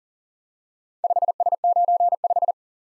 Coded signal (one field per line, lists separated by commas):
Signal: Morse code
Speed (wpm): 39 wpm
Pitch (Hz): 700 Hz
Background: none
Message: 5S95